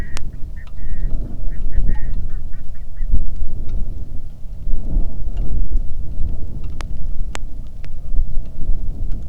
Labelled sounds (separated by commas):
waterfowl, wind, rain